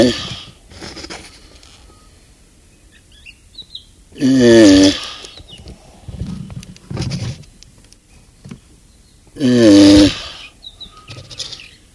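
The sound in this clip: Galapagos tortoise groaning calls, two loud rasping bellows about six seconds apart, with quieter grunting sounds and faint bird chirps between.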